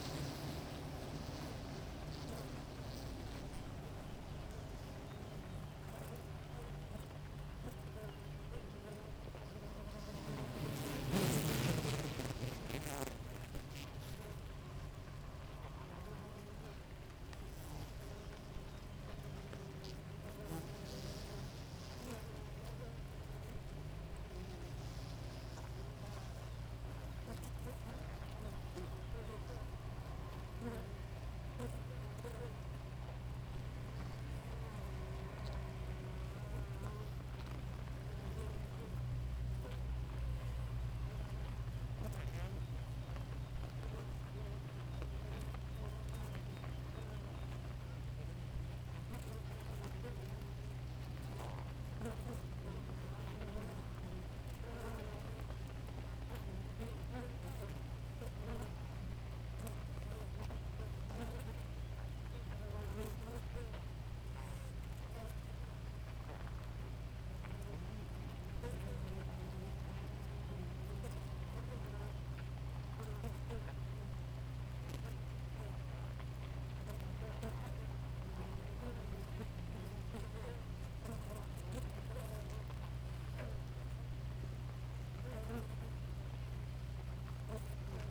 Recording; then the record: honeybee colony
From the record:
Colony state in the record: active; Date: 28 July 2017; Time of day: 4:54